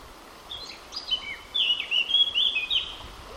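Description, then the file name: Eurasian blackcap singing one phrase: quiet chattering notes at first, then a louder, rich whistled flourish, with low background noise. "Sylvia atricapilla"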